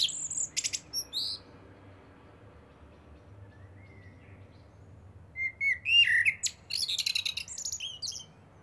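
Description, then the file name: Common blackbird song: a few high squeaky notes at the start, a quiet pause, then a short warbled phrase ending in high twitters. "Turdus merula"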